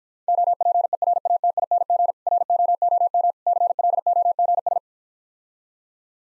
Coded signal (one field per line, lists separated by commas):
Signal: Morse code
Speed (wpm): 54 wpm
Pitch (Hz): 700 Hz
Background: none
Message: OPERATING ROOM CLOGS